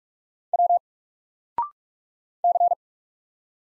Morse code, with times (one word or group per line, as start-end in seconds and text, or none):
0.5-0.8 W
2.4-2.7 C